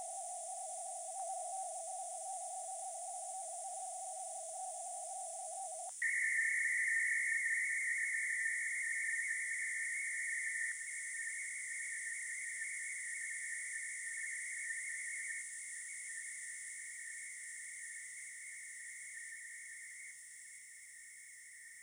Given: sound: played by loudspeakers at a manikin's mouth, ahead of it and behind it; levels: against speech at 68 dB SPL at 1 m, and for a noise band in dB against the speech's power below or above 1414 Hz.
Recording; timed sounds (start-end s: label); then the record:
test signals for a remote microphone
0.00-1.19 s: noise band at 707 Hz, +5 dB
1.19-5.89 s: noise band at 707 Hz, +10 dB
6.02-10.71 s: noise band at 2000 Hz, +10 dB
10.71-15.41 s: noise band at 2000 Hz, +5 dB
15.41-20.11 s: noise band at 2000 Hz, 0 dB
20.11-21.83 s: noise band at 2000 Hz, -5 dB
From the record:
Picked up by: remote microphone B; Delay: 24 ms